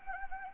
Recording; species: mosquito wingbeat signal from an infrared sensor; Anopheles gambiae